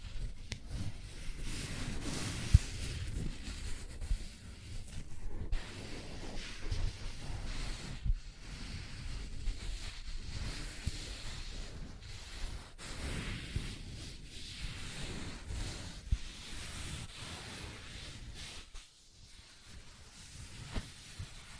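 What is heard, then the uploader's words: Sensitive tracing for ASMR: a continuous, dense rubbing and brushing texture with a heavy low rumble underneath, like fingers sliding over a microphone. Strokes blur together with little pause, broken by brief lulls near 5, 13 and 19 seconds and one sharp tap around 2.5 seconds. ASMR Sensitive Tracing (No Talking).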